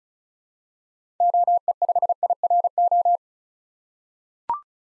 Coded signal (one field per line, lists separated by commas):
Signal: Morse code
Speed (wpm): 36 wpm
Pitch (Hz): 700 Hz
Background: none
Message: OE5IRO